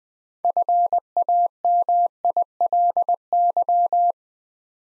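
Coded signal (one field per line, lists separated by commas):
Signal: Morse code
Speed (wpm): 20 wpm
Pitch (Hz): 700 Hz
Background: none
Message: FAMILY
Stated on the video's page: Morse new-word head-copy drill at 20 wpm, words from the top 400 words, each sent, spoken, then sent again.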